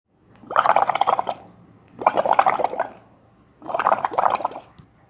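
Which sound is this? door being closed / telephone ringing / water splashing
water splashing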